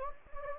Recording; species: mosquito wingbeat signal from an infrared sensor; Anopheles gambiae